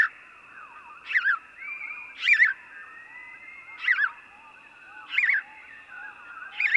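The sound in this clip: House sparrow chirping repeatedly: about five emphatic chirps at uneven intervals, plus faint softer notes between, over a steady high tone.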